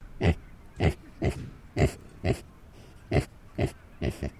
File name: ANIMAL PIG TAMWORTH HAMISH GRUNT SEQUENCE